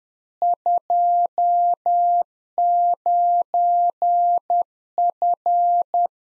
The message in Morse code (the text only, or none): 29F